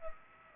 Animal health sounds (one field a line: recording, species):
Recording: mosquito wingbeat signal from an infrared sensor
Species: Aedes aegypti